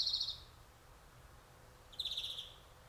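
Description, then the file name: European greenfinch with two brief trilled twitters, one at the start and one near the end, separated by quiet. "Chloris chloris"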